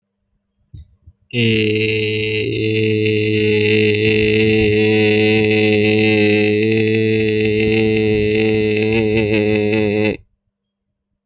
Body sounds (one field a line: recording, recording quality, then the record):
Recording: sustained vowel as in made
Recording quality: excellent, no background noise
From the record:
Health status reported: healthy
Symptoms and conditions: none ticked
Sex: male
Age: 18 years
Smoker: not ticked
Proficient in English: yes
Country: India